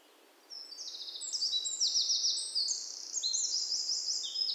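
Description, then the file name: Eurasian wren song beginning after half a second: an unbroken, piercing run of rapid trills and sharp chattering notes to the end. "Troglodytes troglodytes"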